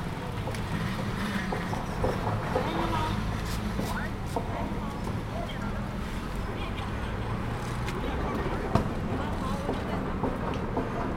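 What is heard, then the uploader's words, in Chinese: Waiting by Peking University's south gate, a steady city hum of traffic rolls on, with faint voices and a sharp click near nine seconds. 仿佛在北大南门等人｜城市声音。气温在1度左右。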